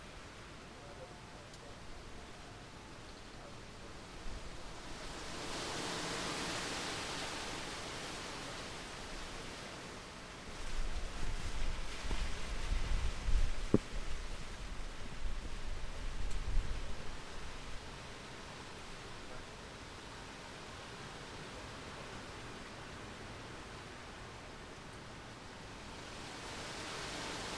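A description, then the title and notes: Wind rustles through trees, swelling into a bright, airy gust around 5–8 seconds and rising again near the end. From about 10 to 18 seconds, low muffled thumps and clatter come through, with faint murmurs like people moving about a kitchen. Wind in the Orchard. It's the evening and we’ve come out to sit on the bench in the Orchard. The wind is rustling through the trees and we can hear the muted sounds from the farmhouse nearby; people milling about in the kitchen, getting dinner ready, tidying up from the day.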